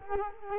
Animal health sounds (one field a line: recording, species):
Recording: mosquito wingbeat signal from an infrared sensor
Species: Culex quinquefasciatus